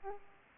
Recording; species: mosquito wingbeat signal from an infrared sensor; Aedes aegypti